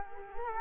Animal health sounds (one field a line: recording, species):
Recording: mosquito wingbeat signal from an infrared sensor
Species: Culex quinquefasciatus